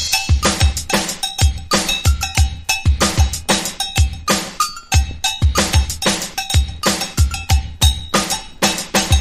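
Bright metallic cowbell strikes ring out in a steady, driving rhythm, layered over punchy low drum hits in a loud, busy percussion beat with no voices.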